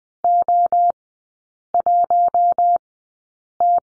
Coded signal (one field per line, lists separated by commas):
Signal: Morse code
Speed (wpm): 20 wpm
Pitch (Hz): 700 Hz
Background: none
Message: O1T